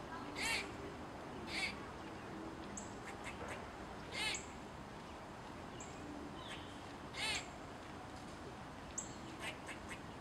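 Squirrel calling with brief rasping chucks, four spaced bursts at irregular intervals, faint high ticks and a constant low hiss behind them.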